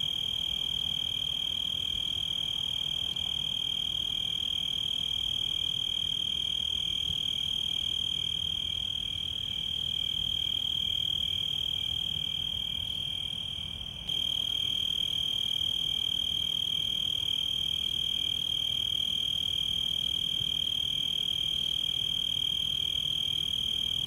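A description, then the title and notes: Crickets and cicadas sing in one continuous, dense, high-pitched drone that holds steady for the whole stretch. Around fourteen seconds the tone dips briefly and then resumes just as strongly. A soft low rumble runs underneath throughout. Crickets and Cicadas. Summer Night in Newton, Massachusetts.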